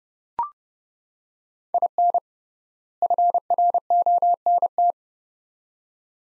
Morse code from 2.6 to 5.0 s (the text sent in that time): FRONT